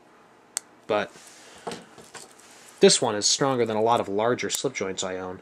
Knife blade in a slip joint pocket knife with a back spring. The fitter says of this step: this one you know it snaps into place and it's secure